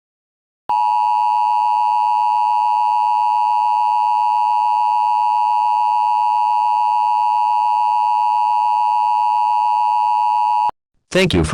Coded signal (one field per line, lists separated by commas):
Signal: Emergency Alert System (SAME) tones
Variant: 853 and 960 Hz attention tone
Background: speech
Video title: EAS Scenario 7: Mario 85